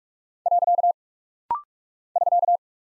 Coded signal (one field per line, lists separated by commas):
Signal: Morse code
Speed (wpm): 44 wpm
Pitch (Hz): 700 Hz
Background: none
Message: . <SK>